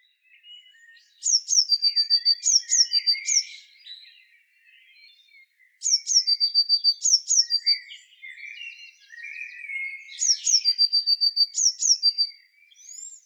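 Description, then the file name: Eurasian blue tit, three bursts of rapid high falling notes mixed with short level tones, a few seconds apart, with softer lower twittering between. "Cyanistes caeruleus"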